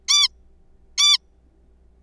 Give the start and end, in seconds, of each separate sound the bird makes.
0.09-0.28, 0.98-1.18